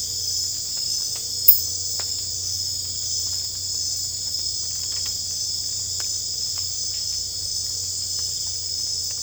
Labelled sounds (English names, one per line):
none